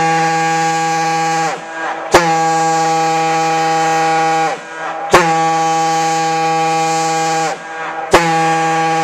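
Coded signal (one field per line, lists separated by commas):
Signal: coded fire alarm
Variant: Gamewell diaphone horn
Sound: deep droning diaphone horn, about three long blasts separated by brief dips and grunts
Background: outdoor ambience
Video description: The 1210 test of SVFC's Gamewell Diaphone Horn.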